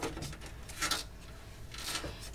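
The big main power supply connector is positioned at the motherboard's power socket and lined up before being pushed in. Soft rustling and scraping handling noises come in bursts, with brief ticks at the start and end. Nothing has seated or clicked yet.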